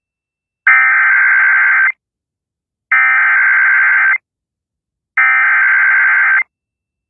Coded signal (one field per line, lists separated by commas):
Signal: Emergency Alert System (SAME) tones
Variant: header bursts